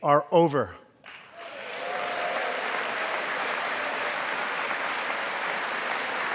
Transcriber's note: applause